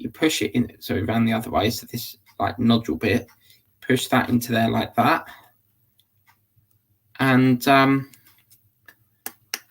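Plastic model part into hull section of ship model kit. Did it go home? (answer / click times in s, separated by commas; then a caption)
yes / 9.3 s, 9.5 s. Someone talks while turning a plastic part of a 1:200 scale RMS Titanic model kit around and pushing its nodule into the mating hole in a hull section. Two sharp snaps follow at 9.3 s and 9.5 s as the part clicks into place and seats.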